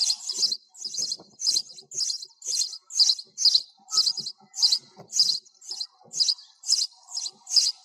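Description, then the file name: Sparrow chirps, sharp high notes repeated roughly twice a second. Sparrow calling the flock together. "tieng se goi bay"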